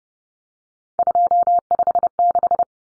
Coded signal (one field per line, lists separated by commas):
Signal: Morse code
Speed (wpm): 30 wpm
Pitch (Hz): 700 Hz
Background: none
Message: 256